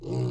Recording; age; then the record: pig call; weaner (32 to 43 days)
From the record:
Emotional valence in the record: negative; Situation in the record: novel object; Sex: female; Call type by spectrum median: low-frequency call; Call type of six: low-frequency stable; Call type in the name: low-frequency stable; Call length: 0.30 s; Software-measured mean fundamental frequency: 58 Hz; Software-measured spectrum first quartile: 127 Hz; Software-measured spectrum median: 225 Hz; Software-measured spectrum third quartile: 427 Hz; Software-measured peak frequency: 351 Hz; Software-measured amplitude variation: 78 dB a second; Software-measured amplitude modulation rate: 27.9 a second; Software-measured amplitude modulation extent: 2.8 dB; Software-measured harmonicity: -0.9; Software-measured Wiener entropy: -0.43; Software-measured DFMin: 1245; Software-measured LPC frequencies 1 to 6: 335, 2370, 2825, 3990, 4687, 6763 Hz